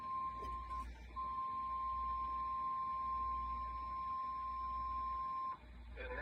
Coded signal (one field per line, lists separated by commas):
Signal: Emergency Alert System (SAME) tones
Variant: 1050 Hz attention tone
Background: speech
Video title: [EAS] Severe Thunderstorm Warning 6/14/24